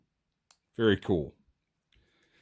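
A little button on a plastic toy crossbow accessory is pressed, releasing its spring-loaded ram latch, and the ram springs out with a sharp click at 0.5 s. Someone then talks briefly, and a fainter click follows near 1.9 s.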